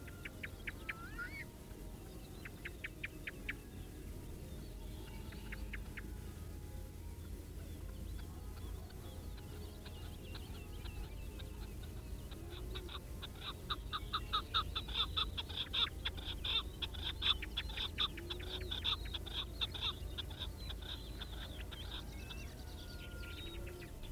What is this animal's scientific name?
Alectoris chukar